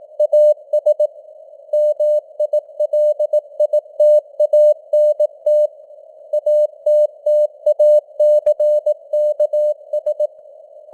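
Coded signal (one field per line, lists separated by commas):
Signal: Morse code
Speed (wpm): 18 wpm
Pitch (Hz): 600 Hz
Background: none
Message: AS MILITANT ATTACKS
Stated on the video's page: Morse news headlines at 18 wpm with simulated radio noise and varying signal strength (QSB).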